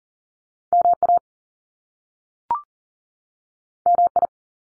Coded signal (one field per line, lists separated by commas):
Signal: Morse code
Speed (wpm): 38 wpm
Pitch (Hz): 700 Hz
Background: none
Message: MA MI